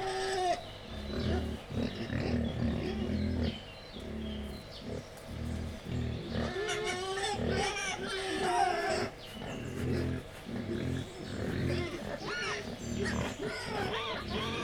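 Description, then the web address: Wild boar producing a continuous stream of low grunts, with bursts of wavering, high-pitched squeals from about six to nine seconds and again near the end. Captive wild boar at Jászberény Zoo, recorded 28 April 2015, calling excitedly before feeding. "allathangok jaszberenyizoo 2015 professzionalis vaddiszno etetesrefelajzva c 04 28"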